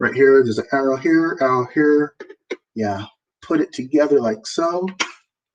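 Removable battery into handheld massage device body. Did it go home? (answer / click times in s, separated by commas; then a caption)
no / none. Someone talks while lining up the removable battery pack of a handheld massage device with an arrow on the body and sliding it back toward the handle. Nothing has seated or clicked yet; the pack is handled but not yet home.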